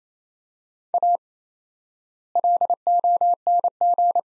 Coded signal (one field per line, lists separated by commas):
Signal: Morse code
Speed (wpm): 28 wpm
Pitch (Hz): 700 Hz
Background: none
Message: A LONG